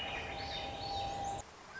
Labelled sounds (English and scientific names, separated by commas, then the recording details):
Swainson's Thrush (Catharus ustulatus)
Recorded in Sonoma County, California